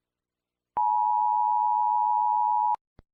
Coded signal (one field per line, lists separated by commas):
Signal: Emergency Alert System (SAME) tones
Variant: 853 and 960 Hz attention tone